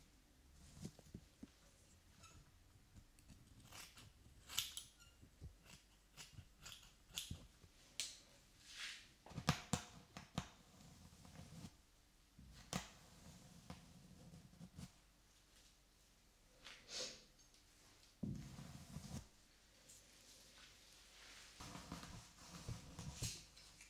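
Hair being brushed, with repeated bristly strokes that come as short bright rushes, some quick and close together, others spaced a second or two apart. Soft low rustles and thumps sit under the strokes, and the pace stays irregular throughout.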